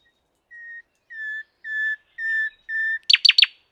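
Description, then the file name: Common nightingale song: five pure, level whistles that grow louder, then three rapid, sharply falling notes. "Luscinia megarhynchos"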